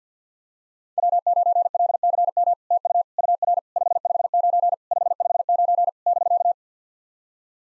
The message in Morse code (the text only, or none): W9LCM TU UR 559 559 <BK>